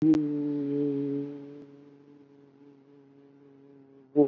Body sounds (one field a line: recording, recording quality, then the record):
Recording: sustained vowel as in boot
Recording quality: excellent, no background noise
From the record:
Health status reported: COVID-19 positive, mild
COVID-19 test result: positive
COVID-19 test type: RT-PCR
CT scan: not taken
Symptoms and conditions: hypertension, diabetes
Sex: male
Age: 70 years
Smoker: no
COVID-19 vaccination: none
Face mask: worn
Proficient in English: no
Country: India